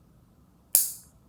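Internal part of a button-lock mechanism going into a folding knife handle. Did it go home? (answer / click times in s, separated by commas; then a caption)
yes / 0.7 s. An internal part of the button-lock mechanism is pressed into the G10 handle of a button-lock folding knife during reassembly. After quiet low hiss, a single sharp, loud click rings out at 0.8 s with a bright high-frequency tail that fades over about a third of a second. The part snaps into place and is seated.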